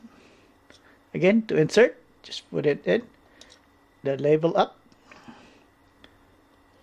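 A microSD card is lined up label up at the card slot of a Tapo security camera, ready to be reinserted and pushed home. Someone talks while faint handling ticks and small taps come through, including a sharp tick near 6.0 s. Nothing has seated or clicked yet.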